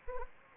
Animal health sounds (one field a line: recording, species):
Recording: mosquito wingbeat signal from an infrared sensor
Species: Anopheles gambiae